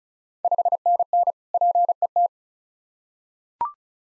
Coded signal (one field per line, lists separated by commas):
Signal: Morse code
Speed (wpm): 36 wpm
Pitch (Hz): 700 Hz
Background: none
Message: 5NN PET